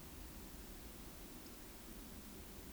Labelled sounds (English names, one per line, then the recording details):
Eurasian Woodcock whistle
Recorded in Baden-Württemberg, Germany, on 9 June 2021 at 20:15 UTC
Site 25175, 602 m above sea level